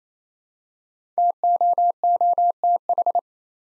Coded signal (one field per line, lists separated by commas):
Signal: Morse code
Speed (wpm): 28 wpm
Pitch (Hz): 700 Hz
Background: none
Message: TOOTH